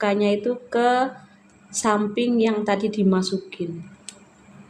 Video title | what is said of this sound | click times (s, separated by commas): BROS BATU DRUZY / DIY | kadang ada yang sampai bunyi klek kayak gitu berarti dia udah mentok ya | 4.1 s